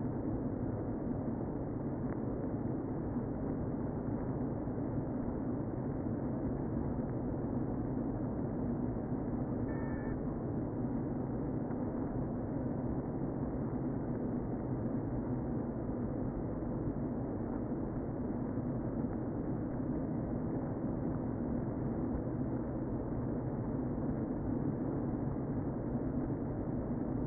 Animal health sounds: honeybee colony, microphone inside the hive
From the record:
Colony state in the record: queen present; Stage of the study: before two queens were removed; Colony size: about 60,000 bees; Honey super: yes

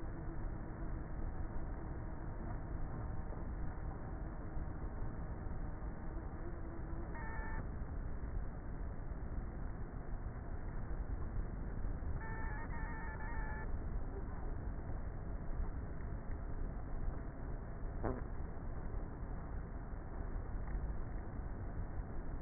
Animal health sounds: honeybee colony, microphone inside the hive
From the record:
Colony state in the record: queenless with a low population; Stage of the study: before two queens were removed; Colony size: about 30,000 bees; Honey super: no

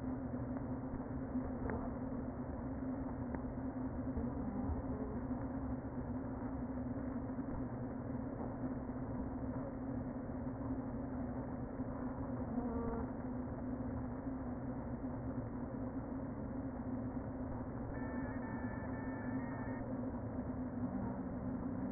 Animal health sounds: honeybee colony, microphone inside the hive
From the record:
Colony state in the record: queen present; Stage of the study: before two queens were removed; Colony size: about 60,000 bees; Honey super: yes

